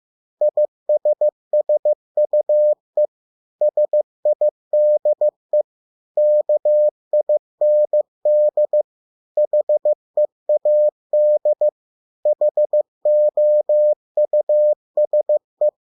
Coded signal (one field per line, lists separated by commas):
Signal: Morse code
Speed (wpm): 15 wpm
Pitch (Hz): 600 Hz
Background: none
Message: ISSUE SIDE KIND HEAD HOUSE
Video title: 100 words 15 WPM (Morse code practice)